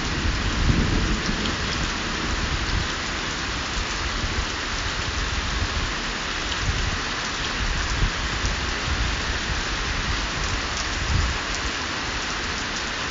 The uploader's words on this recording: There are two storms on this. It was recorded in mono.